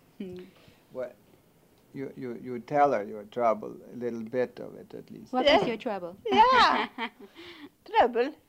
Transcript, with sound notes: You tell her your trouble, a little bit of it at least.
What are your troubles? ( she laughs )
Yeah, troubles.